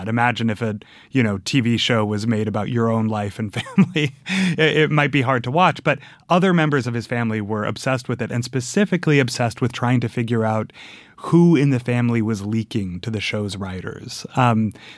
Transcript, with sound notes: Imagine if a, you know, TV show was made about your own life and family (laughter). It might be hard to watch, but other members of his family were obsessed with it and specifically obsessed with trying to figure out who in the family was leaking to the show's writers.